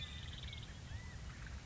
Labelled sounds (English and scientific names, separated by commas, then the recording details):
California Quail (Callipepla californica)
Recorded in Sonoma County, California